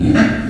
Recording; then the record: squeal of a Yucatan mini pig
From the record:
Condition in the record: after surgery on the right vocal fold (resection and tissue-engineered implant); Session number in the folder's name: 1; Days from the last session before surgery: 13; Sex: female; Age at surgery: 19 weeks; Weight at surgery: 25 kg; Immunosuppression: prednisolone